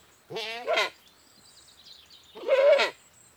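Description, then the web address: Goat bleating twice, a wavering bleat then a second strained bleat about two seconds later, with faint birdsong in between. Bleating; British goat. "The BBC Sound Effects Library. British Goat Bleating 2"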